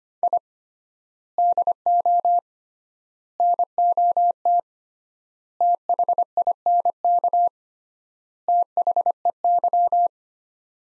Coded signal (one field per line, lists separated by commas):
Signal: Morse code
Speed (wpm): 25 wpm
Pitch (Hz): 700 Hz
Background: none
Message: I DO NOT THINK THEY